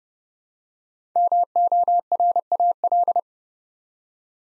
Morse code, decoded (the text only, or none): MORAL